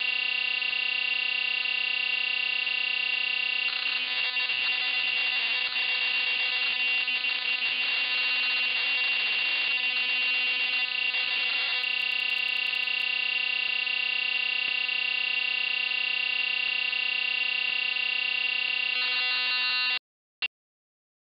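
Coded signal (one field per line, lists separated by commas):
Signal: computer data on cassette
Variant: MSX home computer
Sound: steady high buzzing tone with harmonics, interrupted by harsh noisy data warble, then steady tone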